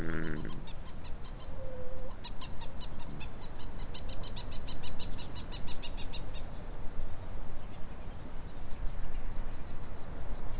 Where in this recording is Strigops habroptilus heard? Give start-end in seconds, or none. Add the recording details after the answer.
none. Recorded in New Zealand. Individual Stumpy